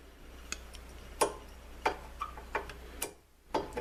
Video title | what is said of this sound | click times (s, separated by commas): How to replace a U-JOINT ....The RIGHT way :) | just going to press it right down in and i heard that click all the way around and i can see from up above here that it's in on these two ears | 0.5 s, 1.9 s, 3.0 s, 3.6 s